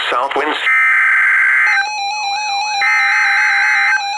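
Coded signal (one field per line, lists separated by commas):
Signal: Emergency Alert System (SAME) tones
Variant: header bursts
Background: speech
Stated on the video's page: NOAA Weather Radio station KEC60 in Milwaukee, Wisconsin.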